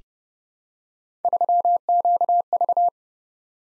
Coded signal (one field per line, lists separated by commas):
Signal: Morse code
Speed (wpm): 30 wpm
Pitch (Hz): 700 Hz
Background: none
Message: 3QV